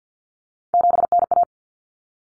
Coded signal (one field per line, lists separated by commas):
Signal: Morse code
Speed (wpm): 50 wpm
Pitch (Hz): 700 Hz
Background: none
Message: 7NA